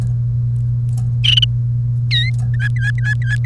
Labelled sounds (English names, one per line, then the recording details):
Domestic Canary song
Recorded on 1 May 2018 at 09:15
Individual llb3